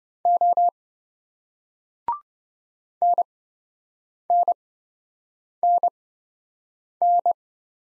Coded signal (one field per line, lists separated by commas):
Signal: Morse code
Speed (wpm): 27 wpm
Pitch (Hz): 700 Hz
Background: none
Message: O NNNN